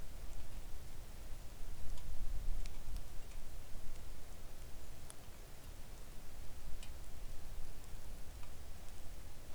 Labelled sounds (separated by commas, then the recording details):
rain
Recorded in the Arctic National Wildlife Refuge, Alaska, on 3 August 2019 at 05:53
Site 41